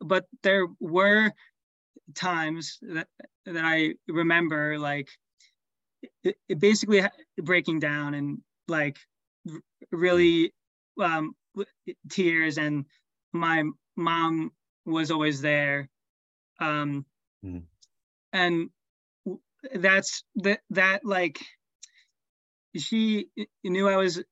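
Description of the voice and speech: A 24-year-old man who has stuttered since age 7, starting in first grade and growing more prominent over time, speaks in short bursts broken by long silent gaps of up to 1.5 seconds, with stretched sounds, 'um' fillers and a repeated 'that… that'. These fit stuttering: prolongations, blocks and word repetitions breaking the flow of speech.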